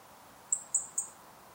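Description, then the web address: European robin calls: three short, high, clicking ticks in quick succession over a soft background hiss. "Deverinetal 2025 File origin Bird Only Er Ru"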